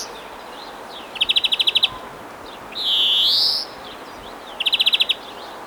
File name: SES Animals SFX Singing Birds Early Morning 1